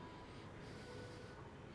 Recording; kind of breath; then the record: one breath in and out by a microphone near the nose and mouth; normal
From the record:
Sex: male